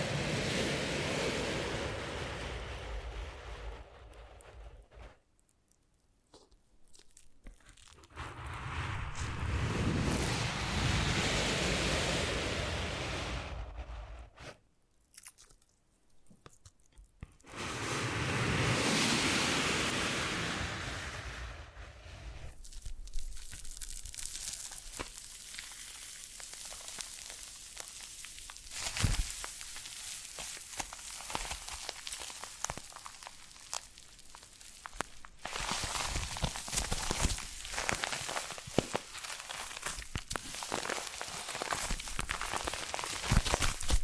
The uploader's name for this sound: Foam Massage